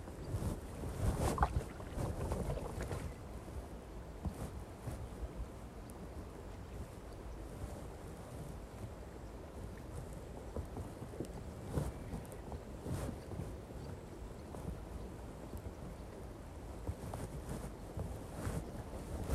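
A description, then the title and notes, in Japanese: Rice seedlings are planted by hand, one at a time, from a bundle taken from a flooded nursery bed. A steady low rumble of wind noise buffets the microphone throughout, louder in the first few seconds. Short soft splashes and knocks come every few seconds. 田植え。水苗代で苗を束にしたものを手に取り、 １本ずつ手植えでイネ苗たちを植えていきます。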